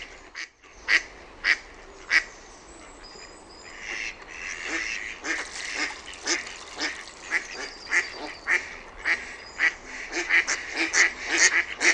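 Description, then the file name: Mallard quacking, scattered nasal calls at first, then a busier run of overlapping quacks from about four seconds on, with constant background hiss. "SINISORSA"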